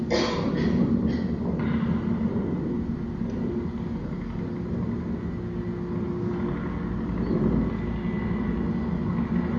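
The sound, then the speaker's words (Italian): A helicopter flying overhead: a steady, rumbling drone fills the whole stretch, a dense low engine roar with a faint hum above it, holding an even loudness throughout with no voices. “Naturalmente sopra c'è sempre l'elicottero che costa 4.000 euro l'ora a far volare quell'elicottero.”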